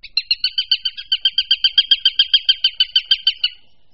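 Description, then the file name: Eurasian sparrowhawk giving a fast chattering series of many harsh, even kek notes, then silence. "Krahujec-obecný"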